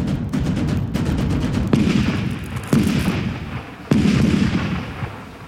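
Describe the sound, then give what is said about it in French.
Booming cannon shots, fired on 2 July 1652 near Paris, ring out amid a continuous low rumble, with several sharp blasts at irregular intervals, each followed by a rolling echo. “Les coups de canon tirés le 2 juillet 1652 sauvent le prince de Condé”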